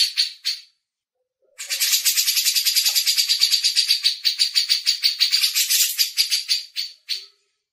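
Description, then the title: Grey-cheeked bulbul with a short harsh burst, a pause, then a long fast run of buzzy rattling notes. Masteran training recording. "MASTERAN CUCAK JENGGOT"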